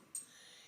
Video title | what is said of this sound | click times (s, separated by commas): Lab2 Bio137 | So it actually spins around and you'll hear it pop. | 0.2 s